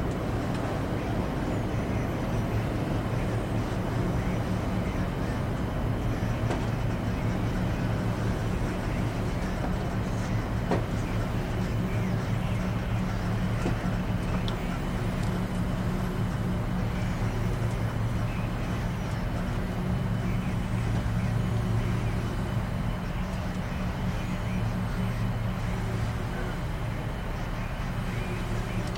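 Inside a shuttle cabin, a steady low engine rumble drones throughout, with faint clicks near six, ten and fourteen seconds and murmured voices.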